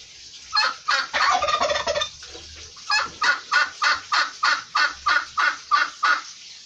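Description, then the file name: Turkey gobbling and yelping: a rolling gobble at the start, then a long regular series of short harsh notes about three each second. "canto do peru"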